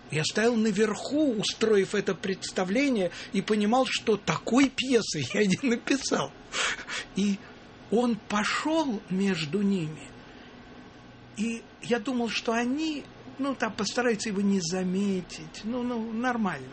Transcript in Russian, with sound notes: Я стоял наверху, устроив это представление, и понимал, что такой пьесы я не написал. (смеется) И он пошел между ними, и я думал, что они, ну, постараются его не заметить, ну, нормально…